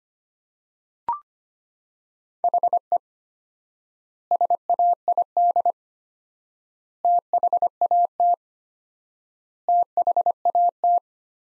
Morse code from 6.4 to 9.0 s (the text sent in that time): THAT